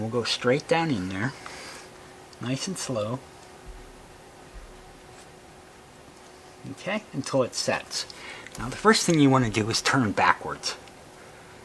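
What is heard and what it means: A new spark plug for a Mazda 3 is lowered slowly, straight down the plug well, until it rests on the threads in the cylinder head, then turned backwards to find the thread before being screwed in. Someone talks throughout, with quiet handling sounds in the pauses. Nothing has seated or clicked yet.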